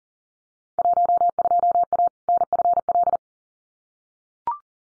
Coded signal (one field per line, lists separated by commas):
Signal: Morse code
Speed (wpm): 37 wpm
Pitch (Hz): 700 Hz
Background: none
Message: 12A NFL